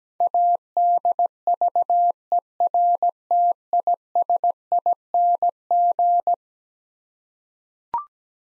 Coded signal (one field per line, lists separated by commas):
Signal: Morse code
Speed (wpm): 17 wpm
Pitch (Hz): 700 Hz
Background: none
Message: ADVERTISING